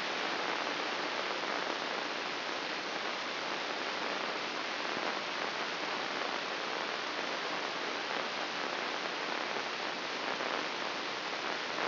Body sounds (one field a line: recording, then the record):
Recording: brain microelectrode recording played as sound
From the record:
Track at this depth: inside the subthalamic nucleus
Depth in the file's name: 5.861 mm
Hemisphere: left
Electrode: 3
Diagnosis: Parkinson's disease